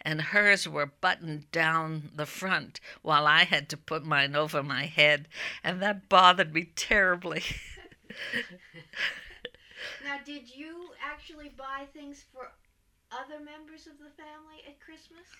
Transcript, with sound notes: And hers were buttoned down the front, while I had to put mine over my head, and that bothered me terribly. ( they laugh )
Now, did you actually buy things for other members of the family at Christmas?